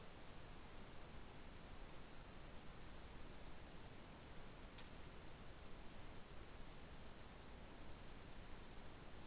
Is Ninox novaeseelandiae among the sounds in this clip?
no